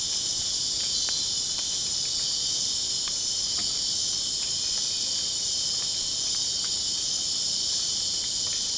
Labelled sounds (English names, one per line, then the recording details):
none
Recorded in dense forest near Puerto Asís, Putumayo, Colombia, on 24 June 2025 at 22:00
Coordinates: 0.499, -76.324
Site G100